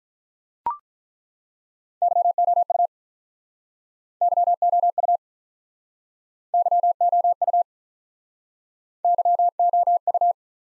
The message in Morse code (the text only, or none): YOU YOU YOU YOU